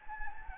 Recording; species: mosquito wingbeat signal from an infrared sensor; Anopheles gambiae